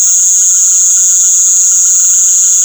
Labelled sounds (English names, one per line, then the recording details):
none
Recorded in secondary vegetation near Puerto Asís, Putumayo, Colombia, on 19 February 2024 at 19:00
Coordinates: 0.500, -76.326
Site G6428